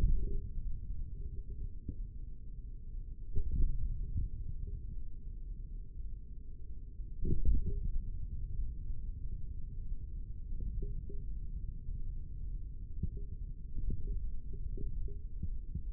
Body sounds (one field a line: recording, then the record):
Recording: forearm muscle sounds (acoustic myography)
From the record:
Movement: index flexion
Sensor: system 3, bracelet of six PUI Audio POM-2738L microphones around the upper forearm, with dedicated amplification and filtering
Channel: 5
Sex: male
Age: 25 years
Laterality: right